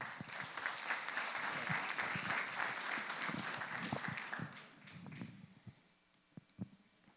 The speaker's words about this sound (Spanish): Él nos hará unas palabras también de bienvenida, quien es el organizador del Congreso Internacional de Estudios Rurales. Recibámoslo con un fuerte aplauso, por favor.